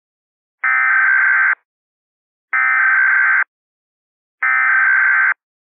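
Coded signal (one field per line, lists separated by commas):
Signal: Emergency Alert System (SAME) tones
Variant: header bursts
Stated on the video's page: Fictional weather scenario alert, simulated rather than a real broadcast.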